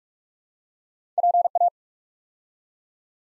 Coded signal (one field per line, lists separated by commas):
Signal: Morse code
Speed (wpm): 45 wpm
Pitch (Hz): 700 Hz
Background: none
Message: PA